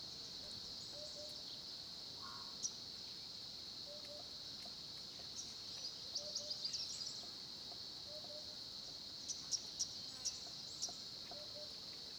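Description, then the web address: A steady shrill cricket chorus runs throughout, with soft low notes every couple of seconds and scattered faint bird chirps. Background ambience of crickets recorded at a small pond in the Olifants area of Kruger National Park, South Africa, at 10:30 am. "Tonschliff - SOUTH AFRICAN CRICKETS BG South Africa Kruger Olifants 1030 am small pond"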